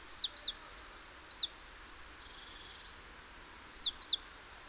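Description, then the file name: Great tit calls: high sharp chirps that flick up then down, given in pairs and singly with gaps, over faint steady background noise. "Parus major"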